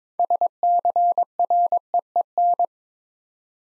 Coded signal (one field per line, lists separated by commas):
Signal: Morse code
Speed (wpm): 22 wpm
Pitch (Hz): 700 Hz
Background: none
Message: SCREEN